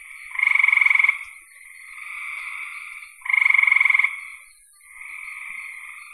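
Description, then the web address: Frogs calling: two fast-pulsed rattling croaks roughly three seconds apart, with softer droning calls between them. "cn frogs"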